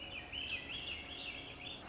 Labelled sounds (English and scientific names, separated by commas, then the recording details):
Swainson's Thrush (Catharus ustulatus)
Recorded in Sonoma County, California